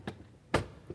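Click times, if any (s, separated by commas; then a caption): 0.5 s. A metal mounting bracket, one of two brackets on a camper trailer part, is slid into a track in the camper trailer frame and its locks are dropped into place. A sharp metallic knock at 0.5 s marks the bracket slotting in and locking, with fainter ticks at about 0.1 s and 0.9 s. The bracket is seated and locked in the track.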